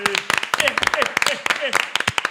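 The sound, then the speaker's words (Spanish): A burst of hand clapping applause, quick uneven claps from several people, mixed with voices shouting and whooping over the top throughout. “Hostia, un aplauso, tío.”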